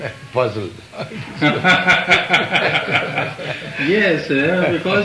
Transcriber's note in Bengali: laughter